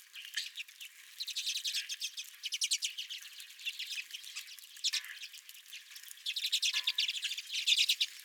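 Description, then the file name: Redpolls giving rapid, buzzy chattering calls in dense trilled bursts. Redpolls calling at the recordist's feeder. "Redpolls at My Feeder"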